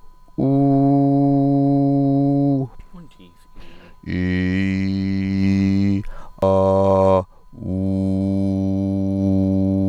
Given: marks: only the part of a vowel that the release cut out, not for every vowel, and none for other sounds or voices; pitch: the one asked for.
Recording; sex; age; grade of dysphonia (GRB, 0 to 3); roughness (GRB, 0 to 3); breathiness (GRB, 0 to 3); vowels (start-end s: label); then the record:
sustained vowels; male; 40 to 49 years; 0; 0; 0
0.51-2.45 s: vowel /u/, high pitch
4.18-5.86 s: vowel /i/, low pitch
6.47-7.14 s: vowel /a/, low pitch
7.78-9.20 s: vowel /u/, low pitch
From the record:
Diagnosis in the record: healthy voice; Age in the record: 43 years